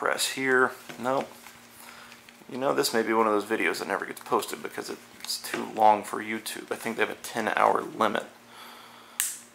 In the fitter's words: oh my gosh we heard a snap the earbud is a fix the earcup cushion rather is a fixed